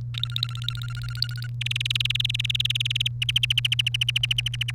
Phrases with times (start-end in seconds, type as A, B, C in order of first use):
0.14-1.47 A, 1.61-3.08 B, 3.22-4.71 C